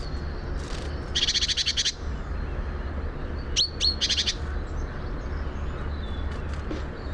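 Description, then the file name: Great tit giving two short, rapid bursts of harsh, high notes, over a steady low rumble. "Parus major"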